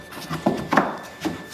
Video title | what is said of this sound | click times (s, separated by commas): How to lay a wood floor | snapped right into place | 0.5 s, 0.8 s